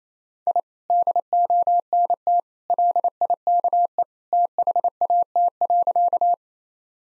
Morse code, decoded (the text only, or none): I DONT LIKE THAT.